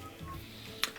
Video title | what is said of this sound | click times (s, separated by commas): ✨ GE Washer Won’t Spin -Blinking Lights - Easy FIX ✨ | then push down on the top it'll click into place so it's really easy to put it back in | 0.8 s